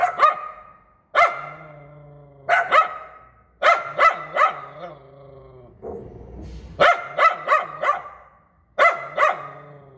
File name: Tieng cho poodle sua keu